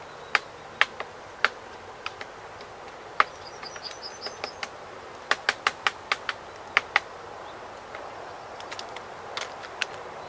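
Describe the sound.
Great spotted woodpecker giving sharp, clicking kik calls, single and in quick pairs, at irregular intervals, with a faint, high twittering series from another bird midway.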